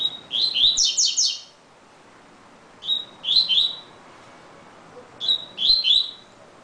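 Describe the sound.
Double-collared seedeater song: three phrases, each starting with a thin whistled note followed by quick chirps, spaced roughly two and a half seconds apart.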